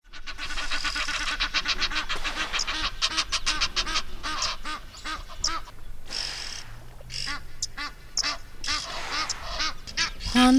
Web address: egyptian geese